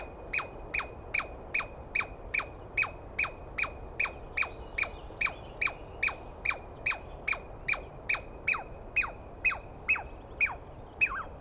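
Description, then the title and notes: Douglas squirrel calling in an unbroken run of nearly thirty clipped, downslurred chirps at about two and a half per second. Dawn recording on 21 April 2017 in the East Cascades; a single screaming squirrel calling at length, identified by its sound rather than a clear sighting. "Interview With The Chipmunk. On the morning of 21 April, 2017, I set up my microphones and recorder for a nice dawn recording in the East Cascades. I was started awake by a screaming Douglas Pine Squirrel"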